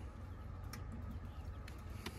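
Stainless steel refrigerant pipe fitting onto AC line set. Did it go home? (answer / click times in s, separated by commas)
no / none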